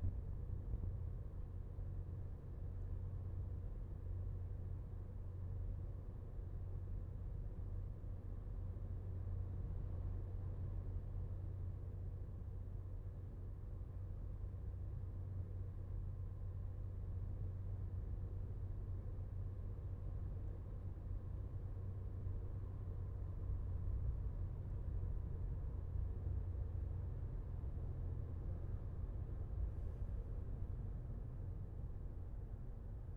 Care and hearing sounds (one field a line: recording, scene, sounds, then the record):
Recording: everyday scene through a hearing-aid microphone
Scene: in a vehicle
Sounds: engine, highway driving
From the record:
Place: Skoda Fabia, gasoline engine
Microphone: behind the ear, left, rear